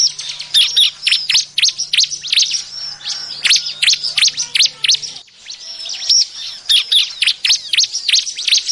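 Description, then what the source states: Bar-winged prinia song: dense, rapid bursts of sharp high chirps and downslurred whistles, tumbling continuously with hardly a pause, plus a faint low hum in the first half. Lure call.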